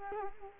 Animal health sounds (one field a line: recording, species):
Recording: mosquito wingbeat signal from an infrared sensor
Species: Culex quinquefasciatus